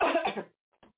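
A single harsh, forceful cough from an adult woman lasts under half a second and fades out. Two faint, brief follow-up sounds come just after, like a small throat clear. It is an ordinary isolated cough in a quiet room.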